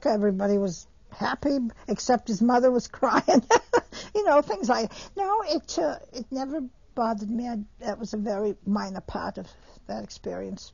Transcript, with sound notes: Everybody was happy, except his mother was crying,, (she laughs) you know, things like that. No, it never bothered me, that was a very minor part of the experience.